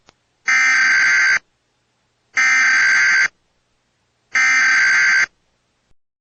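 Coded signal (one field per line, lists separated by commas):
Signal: Emergency Alert System (SAME) tones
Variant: header bursts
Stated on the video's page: Fake tornado warning for Pittsburgh and Cleveland.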